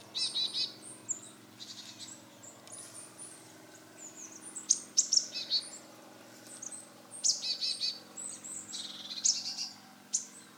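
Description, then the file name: Marsh tit calls: clusters of high, thin chirps in quick bursts, pausing between groups, over a low steady background hum. "Poecile palustris"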